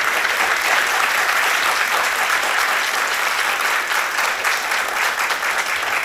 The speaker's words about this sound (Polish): Jesteście wspaniali. Brawa dla naszych bohaterów.